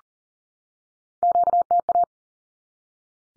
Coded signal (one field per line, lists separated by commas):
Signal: Morse code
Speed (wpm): 40 wpm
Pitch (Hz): 700 Hz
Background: none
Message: QTA